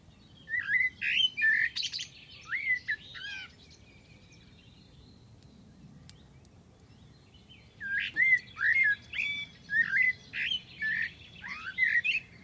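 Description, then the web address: Bird calls: two bursts of squeaky, slurred chirps, each lasting a few seconds with a quiet gap between, over faint low background rumble. "Deverinetal. Bird Only"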